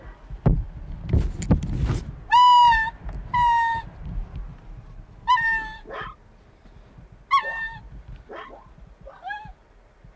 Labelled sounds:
Arctic Fox (Vulpes lagopus) call
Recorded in the wild
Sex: diverse
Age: diverse
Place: Insel Mednyi, Kommandeur-Inseln, RU
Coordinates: 54.5167, 168.083
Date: 1999-07-27 10:23
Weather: heiter, windstill, 9°C
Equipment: Sony WM-D6C, Sennheiser MKH 70, Windkorb, Kopie Tascam DA 30
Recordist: Frommolt, Karl-Heinz
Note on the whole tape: Nördlich Kap Dlinnyi: "wa"-Laute von Polarfuchsrüde (Alopex lagopus) rechts Rot/Rot 40 und Urken der Welpen. Sehr gute Aufnahme

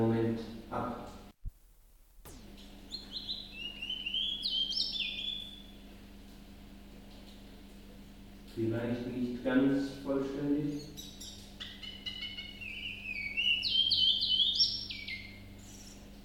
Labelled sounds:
Willow Warbler (Phylloscopus trochilus)
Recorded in captivity
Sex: male
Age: adult
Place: Zoologisches Institut Universität Tübingen, Baden-Württemberg, DE
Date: 1965-05-19
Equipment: Nagra III PH, kleiner englischer Parabolspiegel, LGS26
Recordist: Schneider, Hans-Joachim
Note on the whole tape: Männchen rechts rot/grün - links grün, geschlüpft 20.05.1964. (von diesem Tier existieren auch Jugendaufnahmen). Aufnahme in einem separaten Raum mit kleinem englischen Parabolspiegel

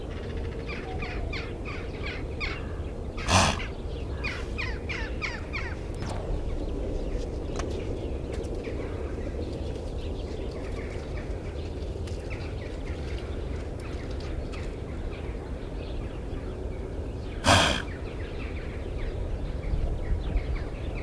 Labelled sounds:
Blue Wildebeest (Connochaetes taurinus) call
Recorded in captivity
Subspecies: albojubatus
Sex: female
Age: adult
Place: Tierpark Berlin, Berlin, DE
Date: 1974-01-13 11:05
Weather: sunny, ca. 5°C
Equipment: Uher 4200 Report Stereo, Sennheiser MD 421, Verstärker
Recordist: Tembrock, Günter
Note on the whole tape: Östliches Weißbartgnu (bei Tembrock allgemein als Streifengnu bezeichnet). Weibchen: Langlaute

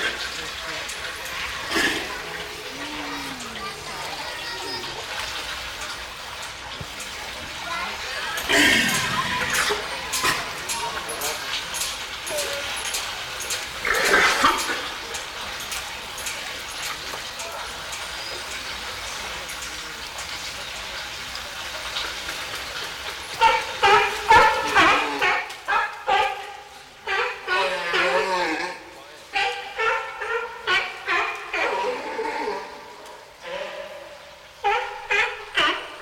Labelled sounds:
South American Fur Seal (Arctocephalus australis)
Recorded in captivity
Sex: male
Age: adult
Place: Münchner Tierpark Hellabrunn, Bayern, DE
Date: 1993-09-20 15:26
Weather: 19°C, heiter
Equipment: Marantz CP 430, Sennheiser MKH 416 T, Kopie Uher Variocord 263
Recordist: Tembrock, Günter

